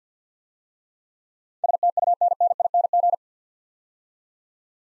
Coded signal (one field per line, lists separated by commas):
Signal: Morse code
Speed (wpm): 53 wpm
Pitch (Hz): 700 Hz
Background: none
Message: STUNNING